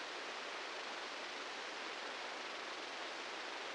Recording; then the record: brain microelectrode recording played as sound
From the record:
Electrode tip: outside the subthalamic nucleus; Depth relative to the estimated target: -4 mm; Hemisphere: right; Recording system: NeuroSet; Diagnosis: Parkinson's disease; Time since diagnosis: 19 years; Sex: female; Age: 69 years